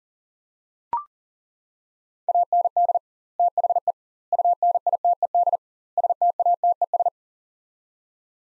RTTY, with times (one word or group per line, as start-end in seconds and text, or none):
none